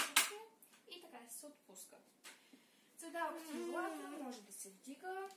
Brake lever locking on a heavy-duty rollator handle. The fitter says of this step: Трябва да щракне както